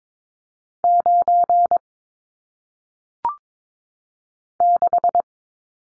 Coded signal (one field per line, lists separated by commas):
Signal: Morse code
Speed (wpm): 22 wpm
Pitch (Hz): 700 Hz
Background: none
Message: 9 6